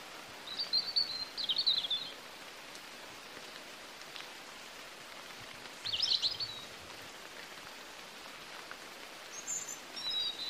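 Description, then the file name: European robin song: a few high, thin, tinkling phrases spaced several seconds apart, partly masked by steady rain-like hiss. "Erithacus rubecula"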